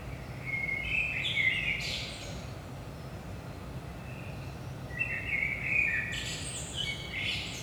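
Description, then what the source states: Common blackbird song with two fluted whistled phrases a few seconds apart, both ending in a burst of high scratchy twittering, over low steady background noise. Blackbird at 5 am in the early morning, Saint-Gilles, Belgium; DPA 4060 microphones in AB position into a Zoom F3.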